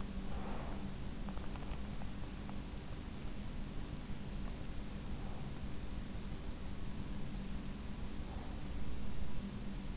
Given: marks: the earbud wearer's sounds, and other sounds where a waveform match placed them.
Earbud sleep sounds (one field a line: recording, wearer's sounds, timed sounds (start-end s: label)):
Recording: sounds in sleep by an in-ear microphone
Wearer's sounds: breath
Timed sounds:
0.00-0.99 s: breath